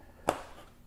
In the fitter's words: and it clicks into place now that button is working